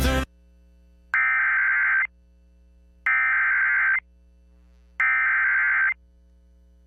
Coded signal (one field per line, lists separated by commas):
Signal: Emergency Alert System (SAME) tones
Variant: header bursts